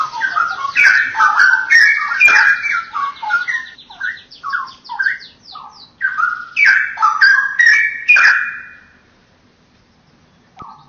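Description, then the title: Oriental magpie-robin song of varied whistles including a quick high rattling trill in the middle, ending with silence and one last short note. "Kicau Kacer"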